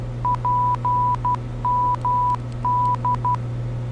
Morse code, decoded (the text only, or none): PMD